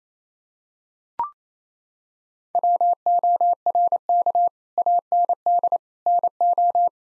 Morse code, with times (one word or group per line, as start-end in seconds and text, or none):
2.5-4.5 WORK
4.8-5.8 AND
6.1-6.9 NO